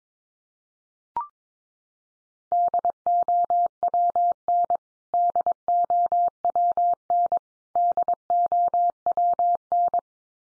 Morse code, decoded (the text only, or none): DOWN DOWN DOWN